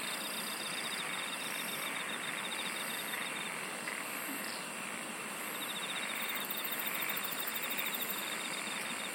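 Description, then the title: Insects produce a continuous shimmering chorus, with lower rapid pulsed trills at both ends and a very high pulsed burst late. "SINGING OF INSECTS"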